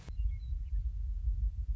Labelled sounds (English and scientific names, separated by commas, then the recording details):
Western Meadowlark (Sturnella neglecta)
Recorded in Sonoma County, California